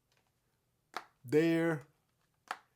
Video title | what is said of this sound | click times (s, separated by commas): iPhone 15 Pro Max Smartish Gripzilla! MOST UNDERRATED CASE! | Once this phone is snapped in there, as you can hear, there, right here, there. | 1.0 s